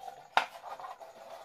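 An AA battery that had not seated properly is pressed into the metal-contact battery holder of a Samay quartz clock movement. A single sharp click at 0.4 s marks the battery seating, followed by faint low rustling and handling noise.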